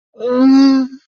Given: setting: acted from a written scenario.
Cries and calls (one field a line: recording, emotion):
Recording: vocal sound without words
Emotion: distress